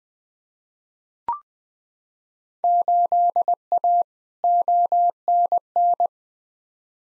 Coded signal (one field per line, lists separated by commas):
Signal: Morse code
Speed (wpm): 21 wpm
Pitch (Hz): 700 Hz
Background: none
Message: 8A ONN